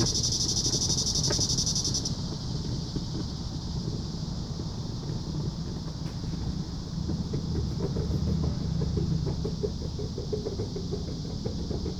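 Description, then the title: Cicada buzzing, loud and sharp for two seconds, then dropping to a softer high drone that continues beneath stronger low rumbling noise. "neoscenes: cicadas"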